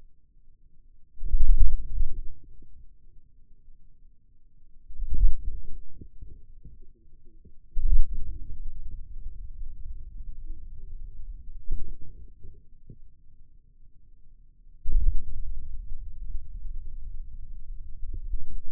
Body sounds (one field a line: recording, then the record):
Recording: forearm muscle sounds (acoustic myography)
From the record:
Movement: radial deviation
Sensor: system 2, bracelet of six BSWA MPA416 microphones around the upper forearm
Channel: 2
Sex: male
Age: 22 years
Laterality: right